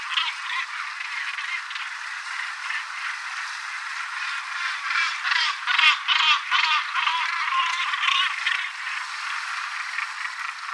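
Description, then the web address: Northern gannet calls: a dense chorus of harsh, grating, overlapping cries from many birds, swelling and fading with no pauses. Call described as powerful, hoarse and loud, a repeated 'arrah' resonating in colonies; found over sea cliffs, nesting in colonies. "Fou de bassan - Audrey Beauduc"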